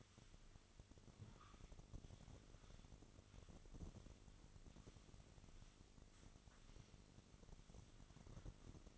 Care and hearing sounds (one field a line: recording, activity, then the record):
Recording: daily activity, microphone in the room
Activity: sweep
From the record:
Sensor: 4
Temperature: 27.1 degrees Celsius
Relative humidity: 35.2%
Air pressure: 1003.9 hPa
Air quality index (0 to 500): 149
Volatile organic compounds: 2 ppm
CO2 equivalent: 1064 ppm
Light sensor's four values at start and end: 17/40/16/18 and 17/41/17/18